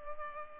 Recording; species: mosquito wingbeat signal from an infrared sensor; Culex pipiens